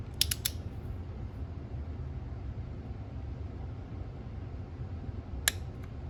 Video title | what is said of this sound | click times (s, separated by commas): Installing ECS Tuning Coil-packs and Spark On My Wife’s Dream Car (Audi S3 8V) | once you hear that click | 5.5 s